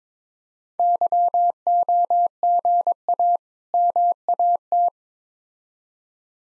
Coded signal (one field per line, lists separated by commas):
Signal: Morse code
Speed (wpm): 21 wpm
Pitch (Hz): 700 Hz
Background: none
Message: YOGA MAT